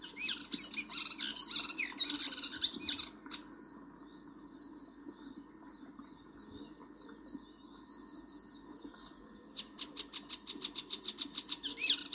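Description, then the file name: Melodious warbler song in busy chattering phrases, then a quieter pause with soft notes before a quick run of repeated high chips returns. "Hypolais polyglotte"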